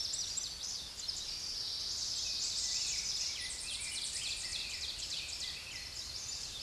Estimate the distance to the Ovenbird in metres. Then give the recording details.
about 60 m. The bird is about 5 m above the microphone. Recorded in a Pennsylvania forest on 16 May 2024 at 06:55. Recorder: AudioMoth, point MSD-0788. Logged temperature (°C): 16.6 °C. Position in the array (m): 138 m, 8 m